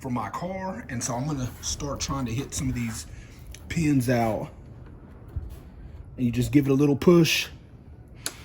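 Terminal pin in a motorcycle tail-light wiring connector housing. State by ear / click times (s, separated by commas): released / 8.3 s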